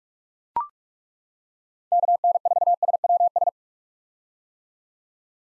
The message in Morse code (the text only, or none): KN4SWS